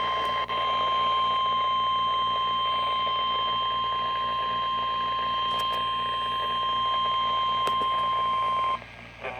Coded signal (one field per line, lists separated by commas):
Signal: Emergency Alert System (SAME) tones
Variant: 1050 Hz attention tone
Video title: EAS/NWR Alert or message #147: Areal Flood Warning